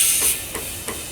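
A tire is inflated with air to seat its bead on a wheel rim, with steady high-pitched air hiss throughout. A single sharp pop is heard at 0.9 s as the bead partly seats: the top edge of the bead is seated on the rim, but the other side is not.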